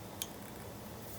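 A cap plug is pushed onto the snow bike's wiring-harness connector that used to feed the O2 sensor, which was removed during a D-Spec and GET ECU install. A single short, sharp click at 0.2 s rises clearly above the steady background hum. The cap is seated and locked on.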